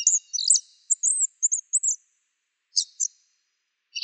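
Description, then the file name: Asian brown flycatcher: a burst of high squeaky notes and short chips, a pause, then a few more thin notes; quiet surroundings. "sikatan bubik"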